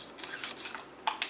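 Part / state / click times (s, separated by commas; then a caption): battery compartment door on a box mod / not seated / none. Handling of the battery compartment door on a Joytech Cuboid box mod after two batteries have been inserted, negative then positive, with the door about to be closed. Several short, light taps and clatters rise from low background noise, the sharpest near the end, around 1.1 and 1.2 s. Nothing has seated or clicked yet.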